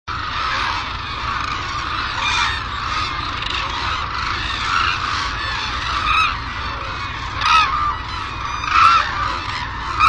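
White-naped cranes calling as a group, a dense overlapping chorus of loud honking and trumpeting notes, with a few louder bursts standing out.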